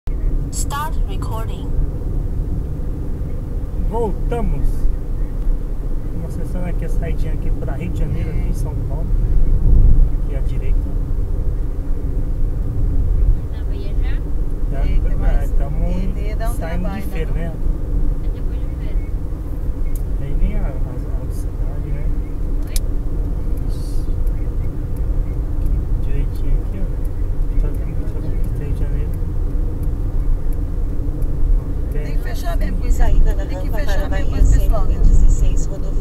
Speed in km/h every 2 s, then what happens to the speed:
75, 78, 81, 81, 81, 80, 79, 81, 82, 82, 84, 84, 86, 86, 85, 84, 83, 81.
0-4 speeds up to 81. 4-24 steady at about 81.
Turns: none.